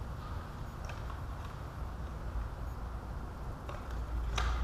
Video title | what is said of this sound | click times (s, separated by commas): Miller Digital Infinity Black Welding Helmet Unboxing | protective lens uh just kind of snaps in place | 4.4 s